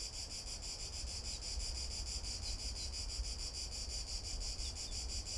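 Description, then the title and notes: Cicada droning steadily, a pulsing metallic buzz, with a few faint high chirps and a low rumble. Cicada recorded from boardwalks around the lake at the Albufera de Valencia, Spain, on an afternoon walk; Zoom H1n recorder. "Unnamed Road, 46012, 46012 Valencia, España - Paseo por la Albufera. Una tarde de paseo por la Albufera de Valencia. Paseamos alrededor del lago, en este caso por unas pasarelas en donde nos paramos para grabar a una Chicharra [Cicadidae]"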